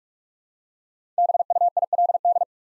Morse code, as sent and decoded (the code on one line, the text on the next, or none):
-... ..- .. .-.. -..
BUILD